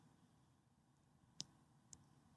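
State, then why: Seated. A plastic nasal dilator bridge is placed over a nose and snaps magnetically onto small metal pieces inside adhesive stickers on either side of the nostrils. A sharp, short snap is heard at 1.4 s, followed by a fainter tick at 1.9 s, against a quiet background. The bridge is seated.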